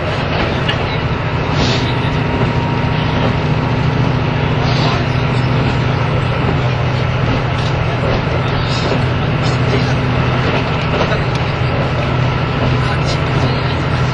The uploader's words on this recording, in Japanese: キハ85系 ひだ01号01 名古屋～(飛騨金山)。2007年当時最速のスジとなる”ひだ01号”を収録したものです。走行音(音の旅) 1021,キハ85系 ひだ01号。名古屋～富山。